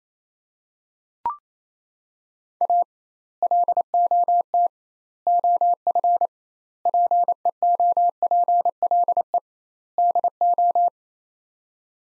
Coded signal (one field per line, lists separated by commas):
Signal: Morse code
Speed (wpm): 27 wpm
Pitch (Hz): 700 Hz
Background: none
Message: A LOT OF PEOPLE DO